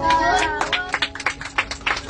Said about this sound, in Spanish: Un aplauso.